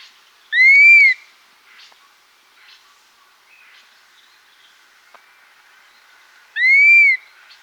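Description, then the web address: Dusky-capped flycatcher giving two plaintive whistles about six seconds apart, each rising then slightly falling, with faint background bird notes. Subspecies atriceps; Andean birds of South America. "Natures Songs S America Andean Birds. Dusky-Capped Flycatcher (Myiarchus Tuberculifer Atriceps)"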